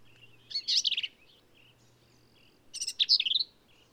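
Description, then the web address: Black-capped vireo giving two scratchy, squeaky phrases separated by a short pause with faint notes. "birdsongforthecurious Black-capped Vireo"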